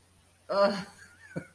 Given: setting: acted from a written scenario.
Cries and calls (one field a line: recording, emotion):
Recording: vocal sound without words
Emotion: embarrassment